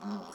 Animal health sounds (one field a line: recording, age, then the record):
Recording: pig call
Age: piglet (1 to 25 days)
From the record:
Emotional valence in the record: negative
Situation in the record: short isolation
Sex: female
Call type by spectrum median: low-frequency call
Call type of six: low-frequency tonal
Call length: 0.35 s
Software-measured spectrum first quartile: 211 Hz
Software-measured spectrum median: 417 Hz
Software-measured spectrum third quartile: 1293 Hz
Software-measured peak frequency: 207 Hz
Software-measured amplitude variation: 78 dB a second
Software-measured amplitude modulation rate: 17.0 a second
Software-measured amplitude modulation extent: 4.6 dB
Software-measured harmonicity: 5.5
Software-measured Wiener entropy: -0.66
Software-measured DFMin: 991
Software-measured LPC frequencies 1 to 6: 1026, 3340, 4288, 5483, 6653, 7797 Hz